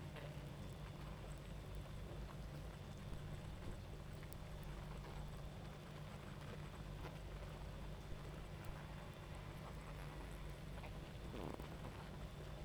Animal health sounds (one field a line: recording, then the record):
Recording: honeybee colony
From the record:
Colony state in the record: active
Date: 28 July 2017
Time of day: 23:29